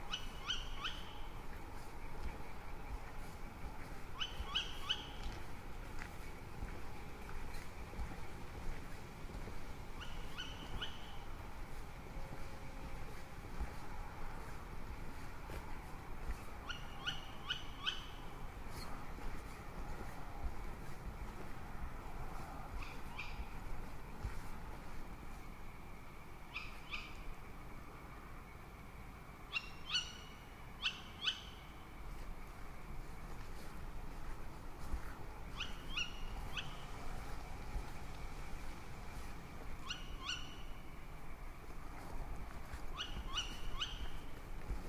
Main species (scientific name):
Strix aluco